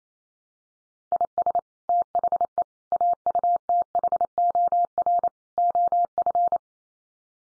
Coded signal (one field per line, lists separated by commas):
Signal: Morse code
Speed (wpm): 28 wpm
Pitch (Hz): 700 Hz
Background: none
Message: IS THE AUTHOR OF